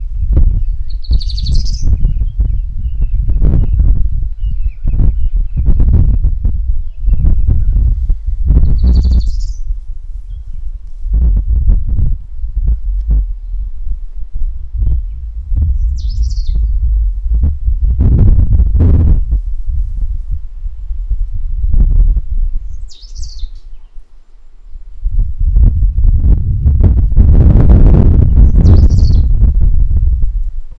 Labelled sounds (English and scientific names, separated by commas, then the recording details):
Cinnamon-breasted Bunting (Emberiza tahapisi)
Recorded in northern Uganda